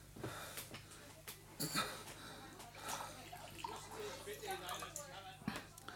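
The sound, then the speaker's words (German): Water is poured into a glass, a steady splashing gurgle with a few sharp clinks and thumps, over a low constant hum. “Gib mir ein Glas Wasser,”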